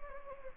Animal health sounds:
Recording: mosquito wingbeat signal from an infrared sensor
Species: Anopheles gambiae

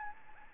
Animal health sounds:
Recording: mosquito wingbeat signal from an infrared sensor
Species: Anopheles gambiae

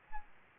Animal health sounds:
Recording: mosquito wingbeat signal from an infrared sensor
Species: Aedes albopictus

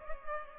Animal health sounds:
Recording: mosquito wingbeat signal from an infrared sensor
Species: Culex pipiens

